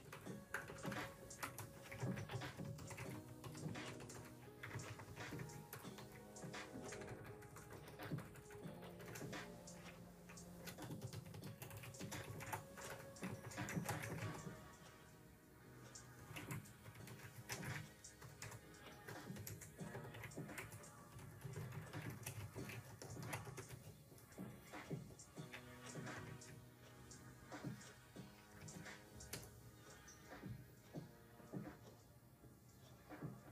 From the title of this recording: ticking clock, keyboard, lofi music, kpop instr.